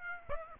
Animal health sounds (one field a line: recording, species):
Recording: mosquito wingbeat signal from an infrared sensor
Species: Aedes aegypti